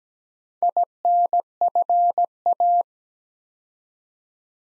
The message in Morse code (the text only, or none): INFA